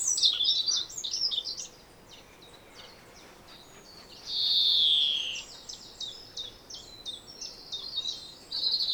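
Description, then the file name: European greenfinch: an opening burst of jumbled twittering, then a pause, a long nasal wheeze, and scattered chirps returning toward the end. "Chloris chloris"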